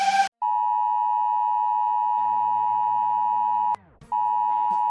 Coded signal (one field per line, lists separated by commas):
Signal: Emergency Alert System (SAME) tones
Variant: 853 and 960 Hz attention tone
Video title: Tasmania gains independence Part 1 not real EAS scenario | The New Indonesian sigma